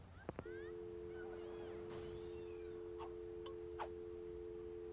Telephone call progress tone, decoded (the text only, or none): dial tone